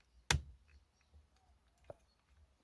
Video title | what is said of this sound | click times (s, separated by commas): 2008 Mitsubishi Outlander Clockspring Replacement | plug it back in. Make sure you hear that click. | 0.3 s